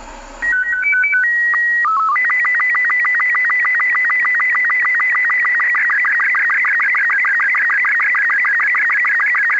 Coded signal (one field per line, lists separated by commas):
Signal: SSTV (slow-scan television)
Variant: Robot 36